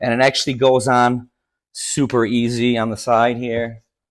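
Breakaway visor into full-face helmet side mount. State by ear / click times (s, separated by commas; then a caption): not seated / none. A breakaway plastic visor is being pressed back onto the side mount of a POC Otocon Race MIPS full-face bike helmet, a visor made to come off in a crash. Someone talks throughout, with a short pause near the middle and no distinct click. Nothing has seated or clicked yet.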